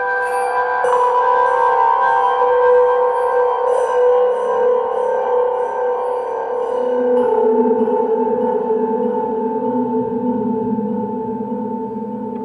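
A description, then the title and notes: Bronze bells ring with long, sustained tones that hum and overlap, with a bright shimmer of repeated light strikes through the first half. Around seven seconds the upper shimmer fades and a deeper, wavering gong-like drone swells beneath the lingering ring. A four-unit cycle of function generators all triggering each other in a circle(and playing sounds to go with them). The specific samples are some bronze bells and a Bao gong.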